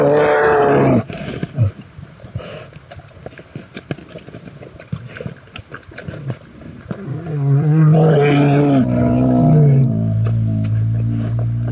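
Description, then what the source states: Grizzly bear roaring: a loud harmonic bellow at the start, a stretch of low scuffling and knocks, then long wavering moaning roars building again toward the end. Remote field recorder set to record continuously near a road-killed bison carcass moved off the road by park scientists in Yellowstone; bears recorded at the carcass.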